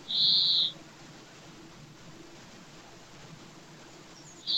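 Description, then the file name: European greenfinch giving a long, flat, buzzy wheeze near the start, then a second wheeze begins just at the end. "Chloris chloris"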